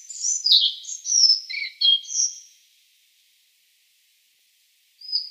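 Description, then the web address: Collared flycatcher singing a rapid, squeaky phrase of high chirps and falling whistles, then a pause and a single thin high note. "Schulze Peter Collared Flycatcher song"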